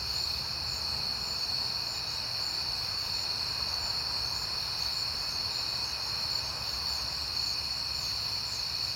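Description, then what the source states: Cricket chorus, high and unbroken, with a broad whooshing sound like a passing car in the middle range. Crickets at night in September, on a peaceful night, with cars passing.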